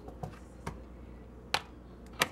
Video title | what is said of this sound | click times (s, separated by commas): FOR EDITING ON THE GO! | magnetic oo it just snaps right in pretty easily nice | 1.5 s